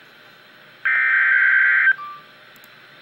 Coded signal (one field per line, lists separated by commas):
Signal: Emergency Alert System (SAME) tones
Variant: header bursts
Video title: REAL EAS 943-SVR